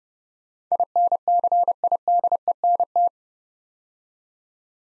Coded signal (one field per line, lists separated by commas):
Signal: Morse code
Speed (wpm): 30 wpm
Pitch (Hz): 700 Hz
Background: none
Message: INCIDENT